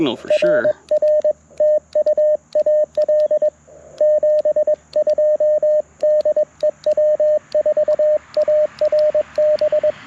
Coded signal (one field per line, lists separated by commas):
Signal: Morse code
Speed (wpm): 21 wpm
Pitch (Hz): 610 Hz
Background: speech, radio noise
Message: RR TU AL 72 DE W4ARB